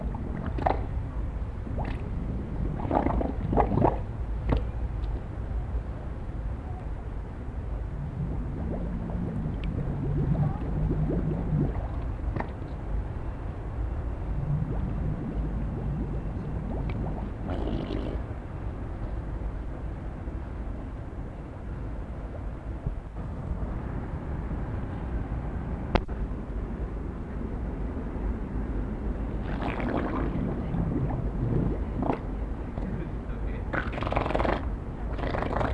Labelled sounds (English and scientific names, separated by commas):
Harbor Seal (Phoca vitulina)